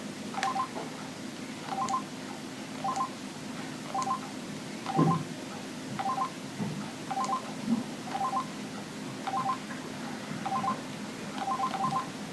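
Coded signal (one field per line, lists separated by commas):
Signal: none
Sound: phone ringtone melody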